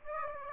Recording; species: mosquito wingbeat signal from an infrared sensor; Aedes aegypti